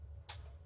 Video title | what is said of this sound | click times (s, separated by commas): How to fix laptop not powering up ASUS UX301L broken charge port power jack repair charging port | you hear that click right there? | 0.3 s